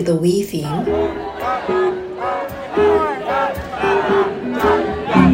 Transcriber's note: nat sound: crowd reacting to Wii theme song